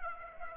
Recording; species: mosquito wingbeat signal from an infrared sensor; Aedes aegypti